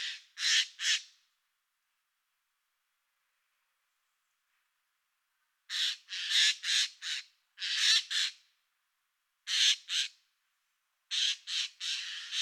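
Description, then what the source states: Eurasian jay calling with loud, hoarse screeches, three first, then after a long silence several clustered groups of rasping squawks. Recorded 30 September 2022.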